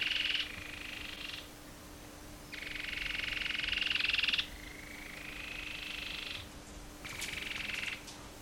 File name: Cherrie's antwren